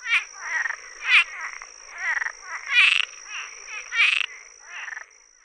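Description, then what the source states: Cuban tree frog calls, raspy snoring croaks repeated in quick succession, some louder and harsher, with a steady high tone running throughout. Breeds March through October; very loud calls heard all night; common in Central and South Florida, pockets in Panhandle and North Florida; call can wake people at night.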